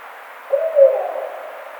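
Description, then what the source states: Barred owl hoot: one mellow note lasting under a second, with constant hiss behind it. Recorded 11 April 2009.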